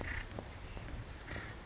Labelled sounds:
Acorn Woodpecker
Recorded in Sonoma County, California

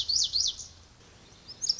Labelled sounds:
Lazuli Bunting
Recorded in Sonoma County, California

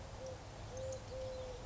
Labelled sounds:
Eurasian Collared Dove
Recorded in Sonoma County, California

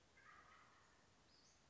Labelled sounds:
Western Flycatcher
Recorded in Sonoma County, California

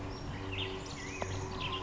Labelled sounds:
Black-headed Grosbeak
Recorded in Sonoma County, California

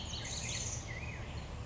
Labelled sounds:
Black-headed Grosbeak
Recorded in Sonoma County, California

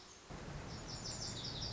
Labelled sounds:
Lazuli Bunting
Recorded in Sonoma County, California

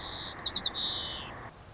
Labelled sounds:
White-crowned Sparrow
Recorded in Sonoma County, California

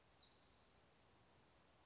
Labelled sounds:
Western Flycatcher
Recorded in Sonoma County, California

